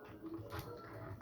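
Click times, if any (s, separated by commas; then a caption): none. The pegs of a folded-up plastic backpack piece are pressed into the ports under the canvas shield of a transforming robot toy, making low, muffled handling and rubbing sounds with a brief faint knock near 1.2 s. Nothing has seated or clicked yet: the piece does not lock, and it needs more force.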